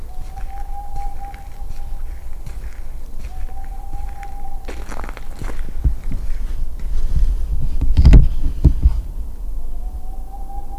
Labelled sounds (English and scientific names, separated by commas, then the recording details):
Boreal Owl (Aegolius funereus)
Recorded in the wild
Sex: male
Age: adult
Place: Altsorgefeld, NSG Rochauer Heide, Brandenburg, DE
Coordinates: 51.7819, 13.5408
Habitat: wood
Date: 2007-02-19 18:28
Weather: 3-4 °C, windstill
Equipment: Sound Devices 702, Sennheiser MKH 70, Windkorb
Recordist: Frommolt, Karl-Heinz
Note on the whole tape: Rufreihe aus Quartal 37. Am Anfang auch noch kurz ein Erregungsruf. Aufnahme um 20 dB verstärkt. Schrittgeräusche